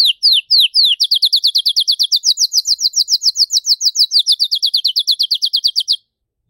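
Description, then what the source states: Canary singing a few separate falling whistles, then breaking into a long, rapid trill of repeated notes that stops abruptly, leaving a brief silence. Belgian canary breed, blue colour; singing.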